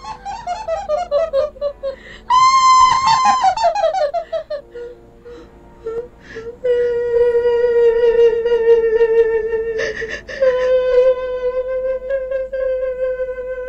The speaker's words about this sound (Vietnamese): Tiếng hét dừng lại, tiếng cười cũng im bặt.